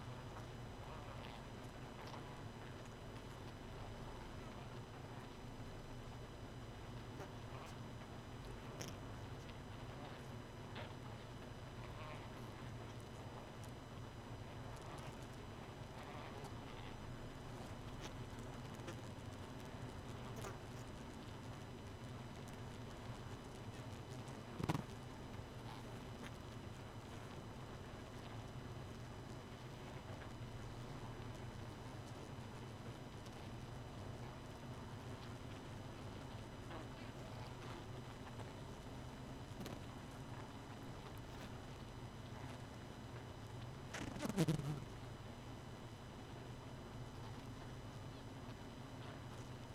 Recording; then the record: honeybee colony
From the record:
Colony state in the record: missing queen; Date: 31 May 2018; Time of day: 0:30